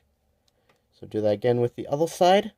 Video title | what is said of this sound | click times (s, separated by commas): Review of Autobot Outback and Dinobot Slash. (5 Year Anniversary Special) | And you want to uh pu push it until you hear that click. | 0.5 s